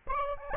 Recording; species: mosquito wingbeat signal from an infrared sensor; Aedes albopictus